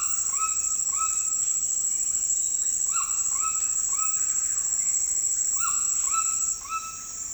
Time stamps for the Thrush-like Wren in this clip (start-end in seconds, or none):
4.07-5.30